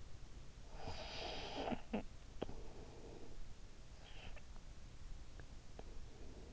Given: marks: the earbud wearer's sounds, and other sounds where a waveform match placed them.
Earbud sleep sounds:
sounds in sleep by an in-ear microphone; snoring breath
0.57-3.45 s: snoring breath

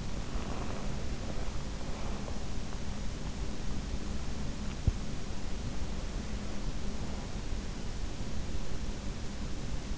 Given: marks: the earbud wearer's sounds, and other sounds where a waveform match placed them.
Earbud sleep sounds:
sounds in sleep by an in-ear microphone; breath
0.00-3.08 s: breath

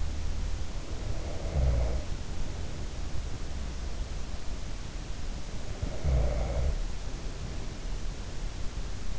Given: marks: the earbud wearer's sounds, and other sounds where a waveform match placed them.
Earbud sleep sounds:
sounds in sleep by an in-ear microphone; snoring breath
0.00-3.05 s: snoring breath
4.55-7.80 s: snoring breath

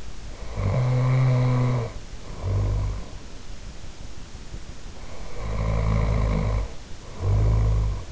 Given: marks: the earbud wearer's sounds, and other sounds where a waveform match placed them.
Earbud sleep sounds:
sounds in sleep by an in-ear microphone; snoring breath
0.36-3.35 s: snoring breath
5.04-8.12 s: snoring breath

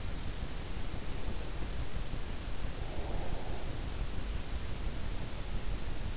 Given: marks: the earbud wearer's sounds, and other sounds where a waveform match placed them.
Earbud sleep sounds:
sounds in sleep by an in-ear microphone; breath
2.64-3.98 s: breath

